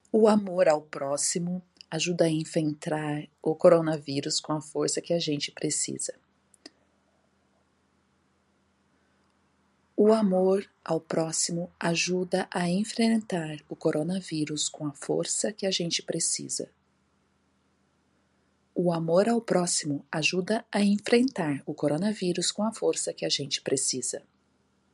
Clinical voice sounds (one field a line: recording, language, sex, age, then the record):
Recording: spoken sentence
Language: Brazilian Portuguese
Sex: female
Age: 50 to 59 years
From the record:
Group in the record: control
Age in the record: 51 years